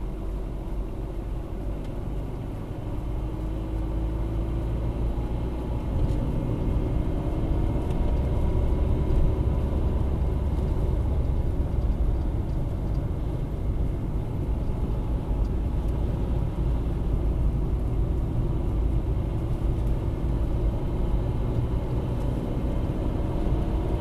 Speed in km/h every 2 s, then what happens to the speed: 37, 41, 45, 49, 53, 54, 45, 42, 42, 41, 44, 49.
0-8 speeds up to 53. 10-15 slows to 42. 19-24 speeds up to 49.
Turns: 10-19.